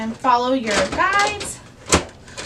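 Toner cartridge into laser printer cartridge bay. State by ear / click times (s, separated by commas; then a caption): seated / 1.9 s. A new toner cartridge is slid along its guides into the cartridge bay of an HP P4015dn laser printer and pushed home while someone talks. A sharp click sounds at 1.9 s, and it is the sign that the cartridge is seated correctly.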